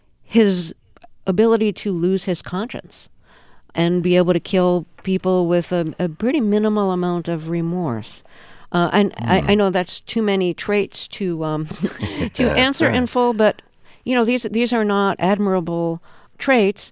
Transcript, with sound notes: his ability to lose his conscience and be able to kill people with a pretty minimal amount of remorse? And I know that's too many traits... (LAUGHTER) ...To answer in full, but, you know, these are not admirable traits.